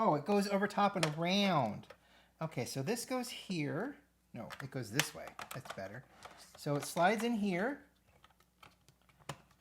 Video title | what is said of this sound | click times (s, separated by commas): Star Trek: The Playmobil Star Trek III Klingon Bird of Prey | with a nice satisfying click and then it goes down in here and then around | 9.3 s